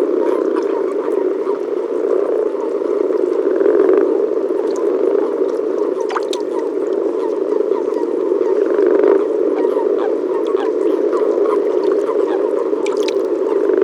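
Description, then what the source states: Common frog chorus, a steady dense purring drone of many calling frogs with occasional faint knocks and clicks over it. Recorded at Sissonne, France.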